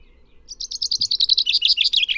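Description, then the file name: Common chaffinch singing a rapid, rattling series of high sweet notes that steps downward and closes with a falling flourish. "Fringilla coelebs"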